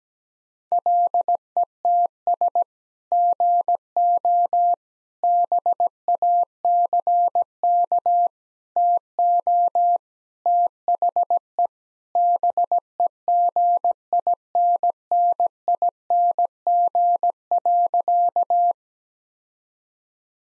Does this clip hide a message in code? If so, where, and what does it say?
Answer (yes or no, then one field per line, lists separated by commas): yes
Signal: Morse code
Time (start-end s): 0.7-18.7 s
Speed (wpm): 17 wpm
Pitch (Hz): 700 Hz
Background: none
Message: LETS GO BACK TO THE BEGINNING.